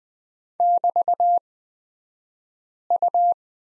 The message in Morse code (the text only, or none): <BT>U